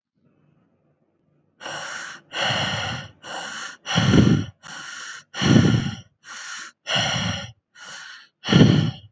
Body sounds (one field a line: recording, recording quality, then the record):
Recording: shallow breathing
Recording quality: excellent, no background noise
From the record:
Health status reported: COVID-19 positive, moderate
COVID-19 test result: positive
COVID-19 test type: RT-PCR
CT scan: not taken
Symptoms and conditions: cough, cold, sore throat, fatigue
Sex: male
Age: 26 years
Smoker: no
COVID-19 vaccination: both doses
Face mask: not worn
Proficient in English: yes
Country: India